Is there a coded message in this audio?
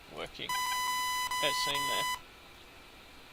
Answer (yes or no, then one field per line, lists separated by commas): no